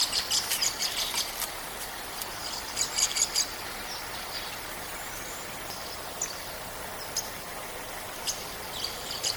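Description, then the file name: Lovebird chirping calls: shrill, high chirps in quick bursts near the start and around three seconds, then scattered single chirps over a steady hiss. "Sedaye Morghe Eshgh"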